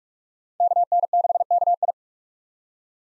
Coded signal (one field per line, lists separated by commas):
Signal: Morse code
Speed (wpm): 43 wpm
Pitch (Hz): 700 Hz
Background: none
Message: KN6KI